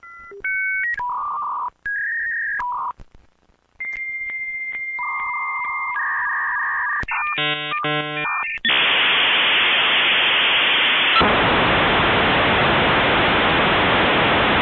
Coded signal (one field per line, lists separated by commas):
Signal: dial-up modem handshake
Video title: 10 Minutes of Dial A Modem | Just Annoying Sounds